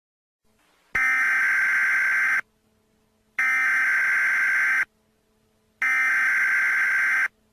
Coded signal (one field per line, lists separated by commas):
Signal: Emergency Alert System (SAME) tones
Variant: header bursts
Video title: EAS Scenario: The Tremor